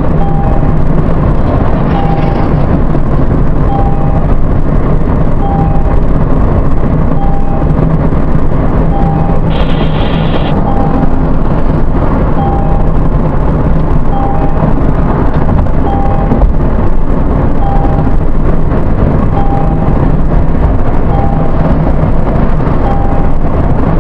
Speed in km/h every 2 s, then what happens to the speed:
94, 94, 92, 92, 90, 90, 88, 90, 90, 92, 92, 92.
0-24 steady at about 92.